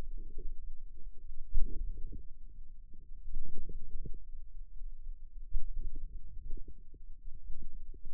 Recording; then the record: forearm muscle sounds (acoustic myography)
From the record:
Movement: outward rotation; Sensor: system 2, bracelet of six BSWA MPA416 microphones around the upper forearm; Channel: 2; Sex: female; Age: 22 years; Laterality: right